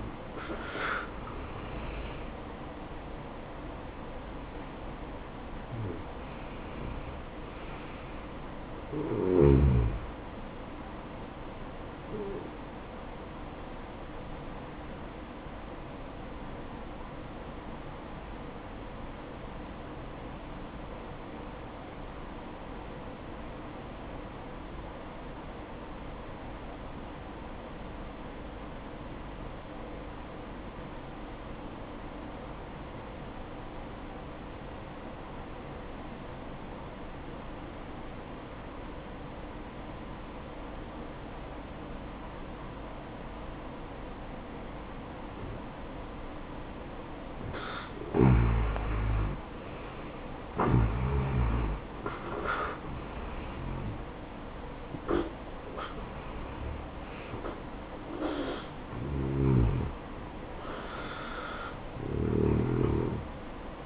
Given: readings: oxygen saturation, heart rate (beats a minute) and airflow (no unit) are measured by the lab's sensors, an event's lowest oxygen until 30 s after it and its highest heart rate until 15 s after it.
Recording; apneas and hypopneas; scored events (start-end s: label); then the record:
breathing in sleep by a voice recorder at the bedside; 1
16.00-49.90 s: obstructive apnea (N2, oxygen 94% highest, then 84% lowest, heart rate 61 at the start, 73 highest)
18.00-63.86 s: new sleep stage, N1 (lightest sleep)
From the record:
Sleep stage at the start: N2 (light sleep); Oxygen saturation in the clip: 83 to 94%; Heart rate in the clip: 58 to 75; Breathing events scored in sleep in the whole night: 573 in 9.8 hours asleep